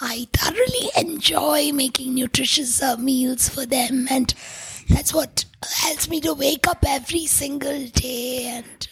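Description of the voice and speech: An adult woman speaks fluently at a normal pace in a breathy, whispery voice. The voicing is thin and rough, with audible air noise behind her words. This fits a voice disorder from vocal cords left permanently constricted by smoke inhaled in a building fire, unresolved by multiple surgeries; she breathes through a tracheostomy tube in her larynx.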